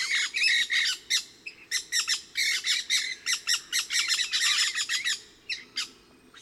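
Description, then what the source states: Pyrrhura parakeets chattering in fast harsh notes, roughly four per second, a busy flock calling almost without pause. Resident flock of about 8 birds moving 20-25 m up in trees within the station clearing, about 30 m away; about 12:20 p.m., partly cloudy and hot (upper 80s, thermometer about 92).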